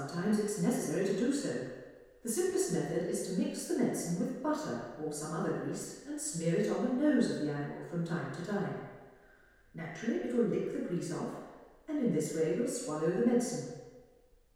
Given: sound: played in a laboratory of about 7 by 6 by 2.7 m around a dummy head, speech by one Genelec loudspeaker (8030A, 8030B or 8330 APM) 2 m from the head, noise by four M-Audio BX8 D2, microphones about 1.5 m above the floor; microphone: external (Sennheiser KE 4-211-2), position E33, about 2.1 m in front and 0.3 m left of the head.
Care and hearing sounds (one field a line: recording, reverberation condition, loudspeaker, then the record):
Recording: female speech in English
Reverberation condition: high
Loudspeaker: 90 degrees to the left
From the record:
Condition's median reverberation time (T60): about 1300 ms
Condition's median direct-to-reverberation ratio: about -4.0 dB